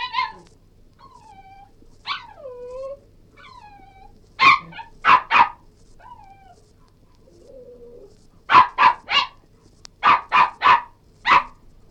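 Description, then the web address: Cairn terrier whining and barking: several falling, drawn-out whines and sharp barks in quick bursts, with short gaps between them. Yelping, whining and barking. "BBC Cairn T"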